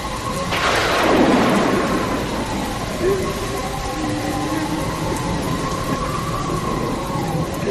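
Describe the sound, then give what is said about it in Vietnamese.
A loud thunderclap rumbles and rolls away in the first seconds, followed by steady heavy, windy storm rain hissing throughout late at night, with a faint tonal hum underneath and no voices. “Rồi đến khuya, trời bỗng sấm chớp nổi lên liên hồi rạ rỡ, và tiếp sau là một trận mưa gió bão bùng”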